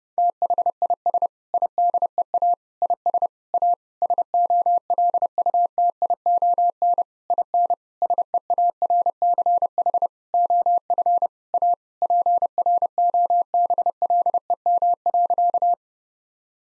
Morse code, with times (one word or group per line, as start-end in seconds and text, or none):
0.2-1.3 THIS
1.5-2.5 IDEA
2.8-3.3 IS
3.5-3.7 A
4.0-7.0 SOLUTION
7.3-7.7 IN
8.0-10.1 SEARCH
10.3-11.3 OF
11.5-11.7 A
12.0-15.7 PROBLEM.